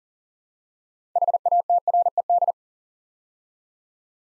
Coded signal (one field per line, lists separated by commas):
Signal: Morse code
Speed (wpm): 40 wpm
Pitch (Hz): 700 Hz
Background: none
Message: HATRED